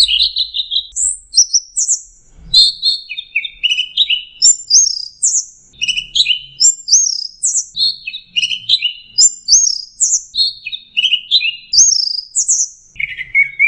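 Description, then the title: Orange-headed thrush delivering varied song, short whistled slurs and trilled notes alternating high and mid pitch, phrases following in quick succession. "Burung Anis Merah"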